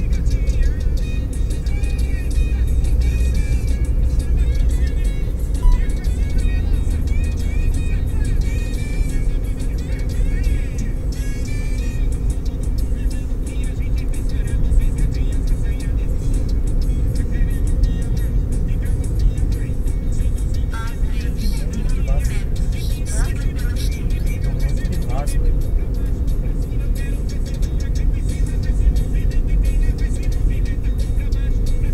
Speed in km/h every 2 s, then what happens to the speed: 61, 62, 63, 62, 63, 63, 64, 63, 63, 62, 61, 60, 59, 59, 61, 62.
0-32 steady at about 62.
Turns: none.